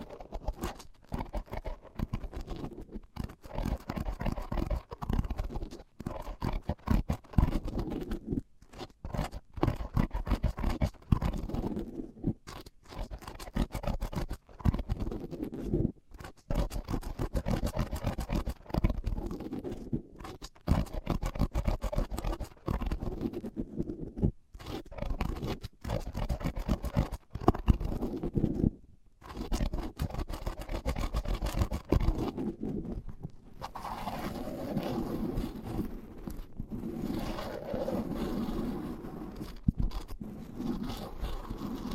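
Sensitive tingles with mics under tape: dense, crackly scraping and scratching over the covered microphones, rich in low and middle tones with gritty brighter edges. The rubbing runs almost without pause in quick irregular strokes, broken by brief silent gaps, and turns smoother and steadier near the end.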